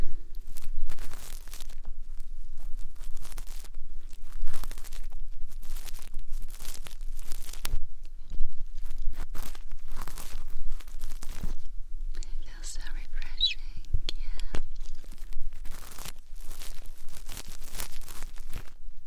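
Ear cleaning and massage sounds: dense, irregular scratching and rustling strokes fill the whole clip, with sharp crackly bursts that reach high and a low rumble underneath. Around 12 to 15 seconds the rubbing softens briefly into quieter, smoother friction before the crisp scraping returns.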